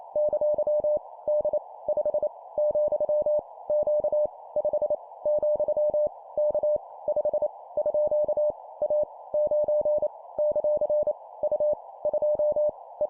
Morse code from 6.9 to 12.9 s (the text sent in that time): 5 _ A 9 ; U 2